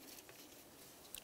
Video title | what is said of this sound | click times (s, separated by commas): How to Replace Coolant Temperature Sensor 2000-2005 Buick LeSabre | slide it in listen for a click give it a tug to make sure it's secure | 1.1 s